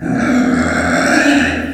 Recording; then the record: squeal of a Yucatan mini pig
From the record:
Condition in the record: after surgery on the right vocal fold (resection and tissue-engineered implant); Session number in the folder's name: 3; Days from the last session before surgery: 21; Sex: female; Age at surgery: 19 weeks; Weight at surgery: 25 kg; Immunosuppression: prednisolone